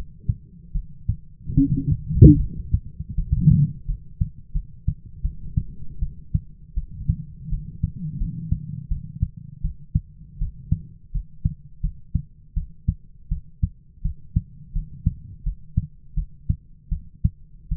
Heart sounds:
heart sounds by stethoscope; 81 bpm
0.72 s: heartbeat
1.55 s: heartbeat
2.37 s: heartbeat
3.16 s: heartbeat
3.86 s: heartbeat
4.53 s: heartbeat
5.22 s: heartbeat
6.00 s: heartbeat
6.75 s: heartbeat
7.50 s: heartbeat
8.18 s: heartbeat
8.89 s: heartbeat
9.62 s: heartbeat
10.39 s: heartbeat
11.12 s: heartbeat
11.81 s: heartbeat
12.54 s: heartbeat
13.29 s: heartbeat
14.03 s: heartbeat
14.73 s: heartbeat
15.44 s: heartbeat
16.15 s: heartbeat
16.90 s: heartbeat
17.69 s: heartbeat
From the record:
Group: healthy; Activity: rest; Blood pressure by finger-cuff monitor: 131/78 mmHg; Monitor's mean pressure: 99 mmHg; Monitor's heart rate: 82 bpm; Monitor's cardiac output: 7.6 L/min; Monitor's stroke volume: 93 mL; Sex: female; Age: 22 years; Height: 161 cm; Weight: 65.5 kg

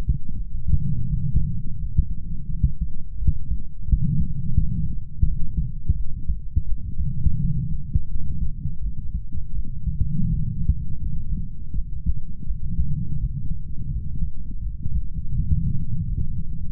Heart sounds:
heart sounds by stethoscope; 84 bpm
0.34 s: heartbeat
1.08 s: heartbeat
1.78 s: heartbeat
2.47 s: heartbeat
3.17 s: heartbeat
3.87 s: heartbeat
4.57 s: heartbeat
5.25 s: heartbeat
5.95 s: heartbeat
6.66 s: heartbeat
7.38 s: heartbeat
8.09 s: heartbeat
8.80 s: heartbeat
9.53 s: heartbeat
10.28 s: heartbeat
11.00 s: heartbeat
11.72 s: heartbeat
12.45 s: heartbeat
13.18 s: heartbeat
13.89 s: heartbeat
14.61 s: heartbeat
15.33 s: heartbeat
16.06 s: heartbeat
From the record:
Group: healthy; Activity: light exercise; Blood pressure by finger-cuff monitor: 105/48 mmHg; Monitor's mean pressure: 62 mmHg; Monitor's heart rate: 84 bpm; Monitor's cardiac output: 8 L/min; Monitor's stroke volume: 95 mL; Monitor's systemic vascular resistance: 550 dyn s/cm5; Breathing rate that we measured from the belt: 21 breaths a minute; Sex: male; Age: 25 years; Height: 170 cm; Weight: 70.4 kg

